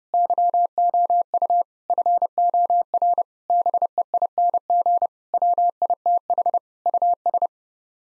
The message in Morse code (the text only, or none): YOU FOR BEING WITH US